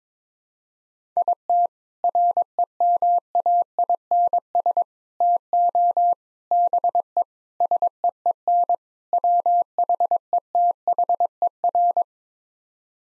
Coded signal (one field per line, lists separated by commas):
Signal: Morse code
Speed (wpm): 22 wpm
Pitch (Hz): 700 Hz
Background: none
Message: IT REMAINS TO BE SEEN WHETHER